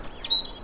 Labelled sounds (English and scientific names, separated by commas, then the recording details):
Stitchbird (Notiomystis cincta) song
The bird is a male
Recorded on Tiritiri Matangi Island, New Zealand, in 2005
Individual 1, of nest box 1